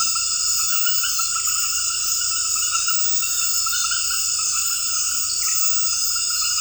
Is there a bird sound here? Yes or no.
no